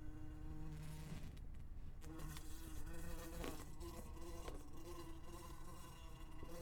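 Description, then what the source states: Wasp buzzing in flight, a steady low drone whose pitch wavers up and down. Wasp buzzing while flying around.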